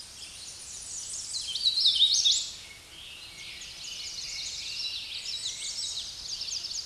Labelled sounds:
Hooded Warbler song
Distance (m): 5 m
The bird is about 5 m above the microphone
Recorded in a Pennsylvania forest on 16 May 2024 at 06:43
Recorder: AudioMoth, point MSD-2110
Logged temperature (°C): 16.4 °C
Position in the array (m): 33 m, 173 m

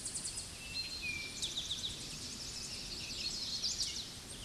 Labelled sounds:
Eastern Towhee song
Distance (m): 30 m
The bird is about 5 m above the microphone
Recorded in a Pennsylvania forest on 16 May 2024 at 07:50
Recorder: AudioMoth, point MSD-1419
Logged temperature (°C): 16.9 °C
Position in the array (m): 96 m, 157 m

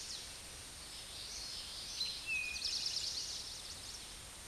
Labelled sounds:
Eastern Towhee song
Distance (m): 25 m
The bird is about 5 m above the microphone
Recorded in a Pennsylvania forest on 16 May 2024 at 09:53
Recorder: AudioMoth, point MSD-2304
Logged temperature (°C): 16.0 °C
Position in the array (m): 202 m, 140 m

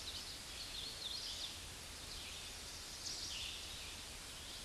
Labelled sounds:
Hooded Warbler song
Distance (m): 70 m
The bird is about 10 m above the microphone
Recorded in a Pennsylvania forest on 16 May 2024 at 08:14
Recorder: AudioMoth, point MSD-0690
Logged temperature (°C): 16.0 °C
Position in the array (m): 133 m, 96 m

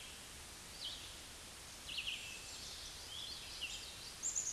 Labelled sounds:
Red-eyed Vireo song
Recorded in a Pennsylvania forest on 16 May 2024 at 09:07
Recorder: AudioMoth, point MSD-2376
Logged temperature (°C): 16.7 °C
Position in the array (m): 150 m, 28 m

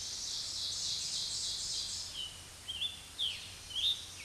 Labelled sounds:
Ovenbird song
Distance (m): 25 m
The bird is about level with the microphone
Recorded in a Pennsylvania forest on 16 May 2024 at 06:30
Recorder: AudioMoth, point MSD-0627
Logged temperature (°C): 14.8 °C
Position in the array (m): 135 m, 5 m

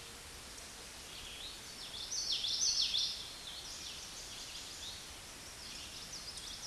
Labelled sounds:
Common Yellowthroat song
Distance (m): 15 m
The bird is about 5 m above the microphone
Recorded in a Pennsylvania forest on 16 May 2024 at 09:05
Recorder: AudioMoth, point MSD-1295
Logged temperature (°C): 13.7 °C
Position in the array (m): 201 m, 77 m

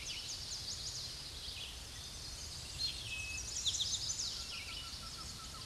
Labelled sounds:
Eastern Towhee song
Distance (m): 20 m
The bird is about 10 m above the microphone
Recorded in a Pennsylvania forest on 16 May 2024 at 06:48
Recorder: AudioMoth, point MSD-2208
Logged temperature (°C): 15.2 °C
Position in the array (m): 159 m, 98 m

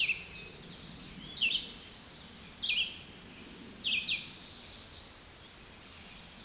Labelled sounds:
Red-eyed Vireo song
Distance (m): 10 m
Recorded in a Pennsylvania forest on 16 May 2024 at 08:50
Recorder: AudioMoth, point MSD-2287
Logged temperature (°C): 11.2 °C
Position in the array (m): 138 m, 19 m

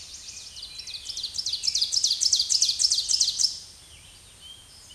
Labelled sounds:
Ovenbird song
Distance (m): 15 m
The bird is about 5 m above the microphone
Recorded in a Pennsylvania forest on 16 May 2024 at 06:54
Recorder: AudioMoth, point MSD-2083
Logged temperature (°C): 16.7 °C
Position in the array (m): 137 m, 9 m

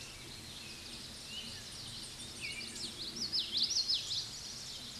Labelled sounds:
Common Yellowthroat song
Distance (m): 15 m
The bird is about level with the microphone
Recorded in a Pennsylvania forest on 16 May 2024 at 09:50
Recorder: AudioMoth, point MSD-1418
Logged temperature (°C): 16.4 °C
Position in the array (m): 225 m, 186 m

